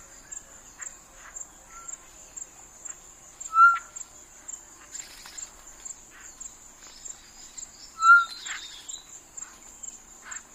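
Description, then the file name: Short-tailed batis giving two brief clear whistles about four and a half seconds apart, with faint clicks and a constant high-pitched insect hum throughout. "Batis mixta"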